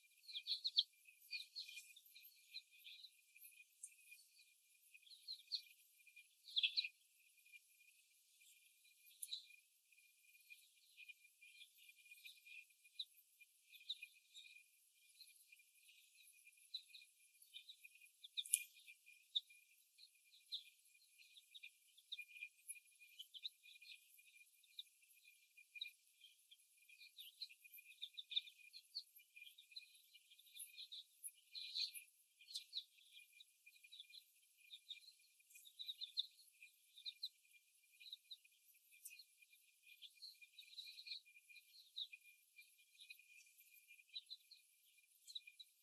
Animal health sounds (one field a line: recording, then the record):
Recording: young laying hens in a cage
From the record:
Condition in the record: after the stressor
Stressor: simulated dog barking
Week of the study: 1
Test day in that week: 1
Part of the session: 4